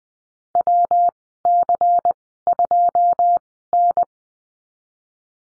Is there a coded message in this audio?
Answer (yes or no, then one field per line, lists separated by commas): yes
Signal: Morse code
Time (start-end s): 0.6-4.0 s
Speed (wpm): 20 wpm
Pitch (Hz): 700 Hz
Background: none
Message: WC2N